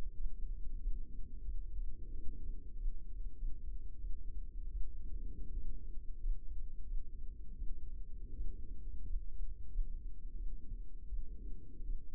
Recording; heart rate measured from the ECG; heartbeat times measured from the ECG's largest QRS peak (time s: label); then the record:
heart sounds by microphone in the left ear; 87 bpm
0.13 s: heartbeat
0.77 s: heartbeat
1.42 s: heartbeat
2.11 s: heartbeat
2.74 s: heartbeat
3.35 s: heartbeat
3.97 s: heartbeat
4.68 s: heartbeat
5.50 s: heartbeat
6.18 s: heartbeat
6.83 s: heartbeat
7.54 s: heartbeat
8.32 s: heartbeat
9.02 s: heartbeat
9.67 s: heartbeat
10.33 s: heartbeat
11.06 s: heartbeat
11.81 s: heartbeat
From the record:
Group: healthy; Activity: rest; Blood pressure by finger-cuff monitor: 133/91 mmHg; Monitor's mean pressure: 102 mmHg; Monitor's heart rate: 88 bpm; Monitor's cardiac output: 6.1 L/min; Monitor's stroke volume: 70 mL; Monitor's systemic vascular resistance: 1220 dyn s/cm5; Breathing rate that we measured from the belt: 19 breaths a minute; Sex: male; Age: 21 years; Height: 180 cm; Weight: 67.5 kg